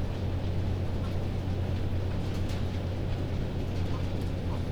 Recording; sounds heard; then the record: poultry house recording; healthy chickens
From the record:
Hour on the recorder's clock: 0